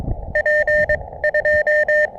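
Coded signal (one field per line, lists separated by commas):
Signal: Morse code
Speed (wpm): 24 wpm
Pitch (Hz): 600 Hz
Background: none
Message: P 2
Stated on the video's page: POTA park activation on CW with an Elecraft KX2, AX1 antenna and Begali Traveler key.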